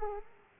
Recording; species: mosquito wingbeat signal from an infrared sensor; Aedes aegypti